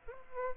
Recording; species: mosquito wingbeat signal from an infrared sensor; Aedes aegypti